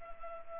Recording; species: mosquito wingbeat signal from an infrared sensor; Culex pipiens